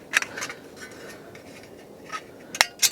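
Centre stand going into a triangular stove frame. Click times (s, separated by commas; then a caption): 2.6 s. The metal centre stand of a triangular Clikstand camping stove is pressed down into the assembled three stainless steel sides, with light metallic clinks and taps around 0.2 s, 0.4 s and 2.2 s. A sharp, loud metallic click at 2.6 s marks the stand seating into place, followed by a brief metal clatter near the end.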